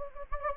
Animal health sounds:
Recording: mosquito wingbeat signal from an infrared sensor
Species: Anopheles gambiae

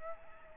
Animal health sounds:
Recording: mosquito wingbeat signal from an infrared sensor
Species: Aedes aegypti

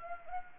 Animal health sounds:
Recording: mosquito wingbeat signal from an infrared sensor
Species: Anopheles arabiensis

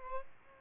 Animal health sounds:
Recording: mosquito wingbeat signal from an infrared sensor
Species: Aedes albopictus

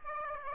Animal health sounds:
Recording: mosquito wingbeat signal from an infrared sensor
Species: Aedes aegypti

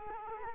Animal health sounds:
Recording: mosquito wingbeat signal from an infrared sensor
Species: Culex quinquefasciatus

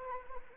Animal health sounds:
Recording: mosquito wingbeat signal from an infrared sensor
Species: Anopheles arabiensis

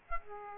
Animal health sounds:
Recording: mosquito wingbeat signal from an infrared sensor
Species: Aedes aegypti

